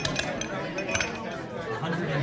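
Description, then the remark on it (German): Frogmore's American Palace Bar, full to the last seat, hums with overlapping chatter while glasses and cutlery clink sharply here and there, a steady dense murmur of many voices with bright clinks scattered throughout. “Frogmore's American Palace Bar, wie der Admiral sie liebt, voll bis auf den letzten Platz.”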